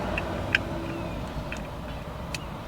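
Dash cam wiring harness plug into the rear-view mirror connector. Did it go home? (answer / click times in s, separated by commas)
yes / 0.6 s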